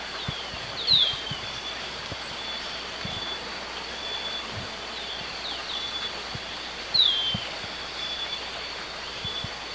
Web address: Natures Songs S America Birds of Ecuador Golden-faced Tyrannulet